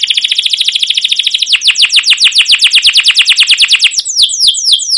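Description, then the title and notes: Canary song: a very fast trill that slows into distinct descending chirps. Caged canary song used as a lure and tutor for young canaries learning sounds; long, continuous chirping-and-rolling style called cuit cuit ngerol, gacor panjang. "CUIT CUIT NGEROL LANGSUNG GACOR PANJANG Kenari Ini AMPUH Utk Pancingan KENAR. PANCINGAN Kenari GACOR PANJANG Cuit CUIT EMOSI ini AMPUH utk MASTERAN Kenari PAUD belajar BUNYI. burung kenari"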